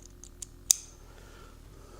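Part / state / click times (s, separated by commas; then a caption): screwdriver bit into magnetic bit holder / seated / 0.7 s. A metal screwdriver bit is put onto a slim magnetic bit holder, and its strong magnet pulls the bit home with a sharp metallic click at 0.7 s. Fainter ticks come before it, and then the clip goes quiet. The bit is seated.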